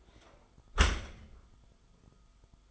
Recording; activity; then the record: daily activity, microphone in the room; close dishwasher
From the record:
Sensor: 5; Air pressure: 1004.7 hPa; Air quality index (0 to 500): 90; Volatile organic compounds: 2 ppm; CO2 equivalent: 1085 ppm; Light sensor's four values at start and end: 32/75/30/30 and 32/74/30/30